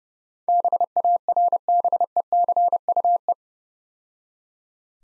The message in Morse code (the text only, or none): BARBECUE